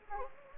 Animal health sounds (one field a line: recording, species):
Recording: mosquito wingbeat signal from an infrared sensor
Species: Anopheles gambiae